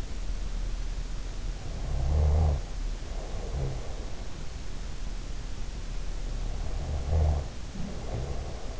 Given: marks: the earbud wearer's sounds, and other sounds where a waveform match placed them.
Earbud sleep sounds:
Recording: sounds in sleep by an in-ear microphone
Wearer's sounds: snoring breath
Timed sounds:
1.84-4.20 s: snoring breath
6.82-8.79 s: snoring breath

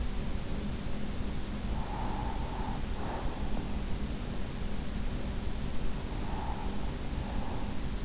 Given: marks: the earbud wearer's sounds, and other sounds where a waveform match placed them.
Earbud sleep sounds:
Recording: sounds in sleep by an in-ear microphone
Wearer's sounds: breath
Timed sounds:
1.48-4.06 s: breath
6.06-8.05 s: breath

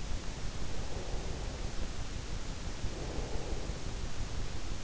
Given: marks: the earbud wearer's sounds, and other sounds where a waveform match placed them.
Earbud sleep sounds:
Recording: sounds in sleep by an in-ear microphone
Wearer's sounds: breath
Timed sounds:
0.84-3.85 s: breath

